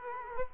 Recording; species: mosquito wingbeat signal from an infrared sensor; Culex quinquefasciatus